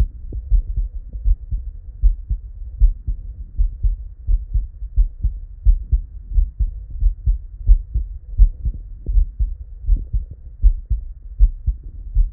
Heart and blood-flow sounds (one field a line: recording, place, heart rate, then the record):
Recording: heart sounds by stethoscope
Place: Erb's point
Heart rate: 84 bpm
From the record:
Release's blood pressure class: elevated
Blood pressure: 120/64 mmHg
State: at rest